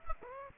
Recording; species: mosquito wingbeat signal from an infrared sensor; Aedes aegypti